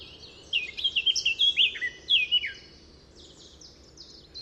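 Bird giving a quick run of high, thin, chirping whistles that slide downward, lasting about two seconds, then fading to faint high notes over a low steady background noise.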